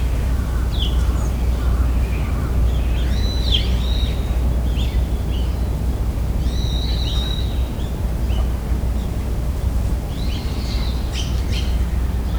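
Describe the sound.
Bird calls, short whistled and chirping notes scattered throughout, some sliding downward, over a steady low rumble of background noise.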